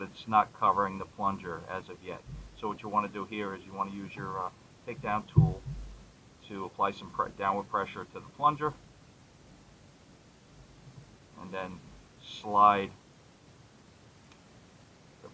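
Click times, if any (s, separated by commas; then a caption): none. A takedown tool presses down on the firing pin safety plunger of a pistol slide while the slide cover plate is lined up, before the plate is slid home. Someone talks throughout, with a short tap near 5.4 seconds and brief quiet handling sounds later. The plate has not yet been slid on and nothing has clicked.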